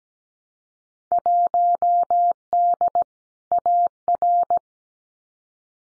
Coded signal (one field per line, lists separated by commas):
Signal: Morse code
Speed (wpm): 17 wpm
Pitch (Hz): 700 Hz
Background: none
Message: 1D AR